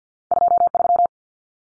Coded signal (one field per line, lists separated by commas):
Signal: Morse code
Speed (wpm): 50 wpm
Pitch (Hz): 700 Hz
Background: none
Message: 23